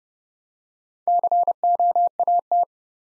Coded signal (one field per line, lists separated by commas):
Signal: Morse code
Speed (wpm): 30 wpm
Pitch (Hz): 700 Hz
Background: none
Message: COAT